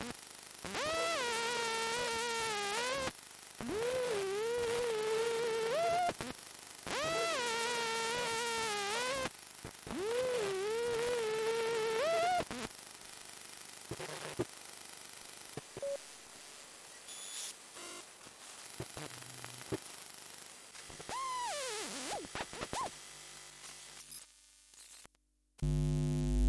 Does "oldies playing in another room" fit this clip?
no